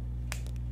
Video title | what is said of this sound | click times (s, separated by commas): Autumn Lake Reflections an Beginner Acrylic Painting Tutorial Impressionist Style | hear the click yeah you have to make sure it clicks like that | 0.3 s